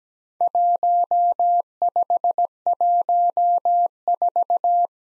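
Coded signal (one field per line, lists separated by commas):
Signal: Morse code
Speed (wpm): 17 wpm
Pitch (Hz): 700 Hz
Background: none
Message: 1514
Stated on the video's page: Morse practice of Worked All Europe DX Contest QTC exchanges at 17 wpm, each sent in Morse, then spoken, then sent again.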